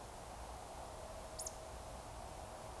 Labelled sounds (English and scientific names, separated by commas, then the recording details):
Eurasian Woodcock (Scolopax rusticola) whistle
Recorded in Baden-Württemberg, Germany, on 15 June 2020 at 02:25 UTC
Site 43791, 788 m above sea level